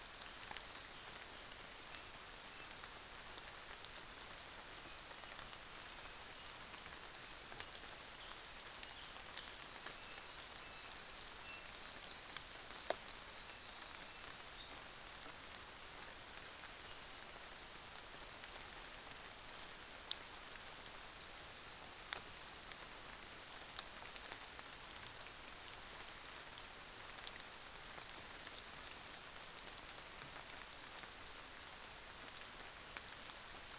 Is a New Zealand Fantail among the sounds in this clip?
yes